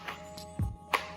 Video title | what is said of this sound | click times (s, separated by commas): 3 River Kydex IWB SIG P365 Holster Review | I mean, positive click. | 0.9 s